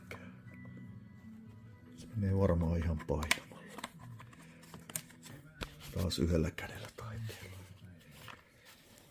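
A new dust seal for a Hilti DG 150 concrete grinder is handled one-handed at the holes of the grinder's dust shroud while someone talks, with a few short clicks and handling noises along the way. The clip ends just before the seal goes home, and nothing has seated or clicked into place yet.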